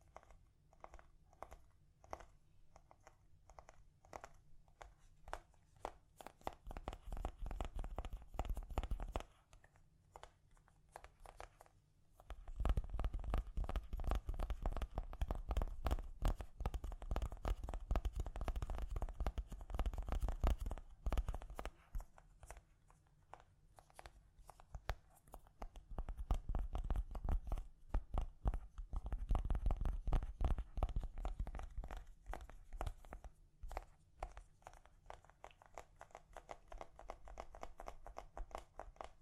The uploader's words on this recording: ASMR Gently Tapping You to Sleep (No Talking).